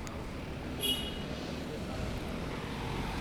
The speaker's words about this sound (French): On va bientôt être tranquille, je crois. Il n'y aura plus de voitures après. Ça reste relativement calme, même s'il y a les voitures qui passent.